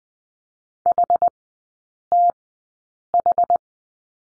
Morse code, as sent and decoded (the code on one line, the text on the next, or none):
.... - ....
HTH